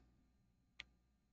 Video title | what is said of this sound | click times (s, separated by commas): Hooking a Billet Box Up to Escribe | you'll hear a little click and that is it | 0.8 s